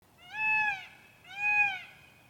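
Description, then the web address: Peafowl call: two loud, harmonic, wailing notes, each rising slightly then holding steady, about one second apart. "peacock sound"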